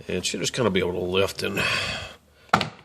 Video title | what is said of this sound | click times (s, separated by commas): Nissan Sentra 00-06 Front Door Speaker replacement Part1 | this and this comes loose again you got three Clips on there | 2.5 s, 2.6 s